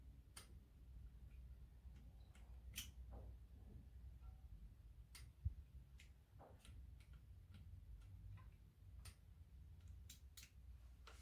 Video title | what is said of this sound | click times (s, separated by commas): Clear clutch assembly on a Ducati Monster 696 | and you go until you hear it click | 0.4 s, 2.8 s, 5.1 s, 10.1 s